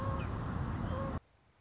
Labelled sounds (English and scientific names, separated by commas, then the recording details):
Song Sparrow (Melospiza melodia)
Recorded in Sonoma County, California